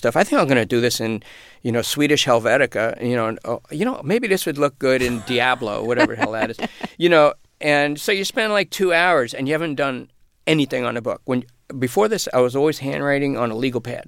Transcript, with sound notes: I think I'm going to do this in, you know, Swedish Helvetica, you know, and, you know, maybe this would look good in Diablo or whatever the hell that is. (Soundbite of Laughter) You know, and so you spend like two hours, and you haven't done anything on the book, when before this, I was always handwriting on a legal pad.